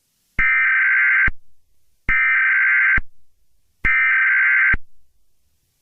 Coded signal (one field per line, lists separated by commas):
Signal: Emergency Alert System (SAME) tones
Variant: header bursts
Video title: EAS scenario 9: Herobrine 3: The end is coming!